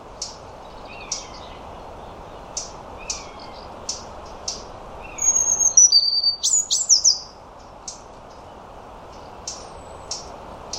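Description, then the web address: European robin giving sharp, high ticking calls at irregular intervals, with a brief burst of thin, high song notes midway. "Deverinetal 2025 File origin Bird Only Er Ru"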